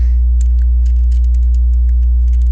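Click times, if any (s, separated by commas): 0.4 s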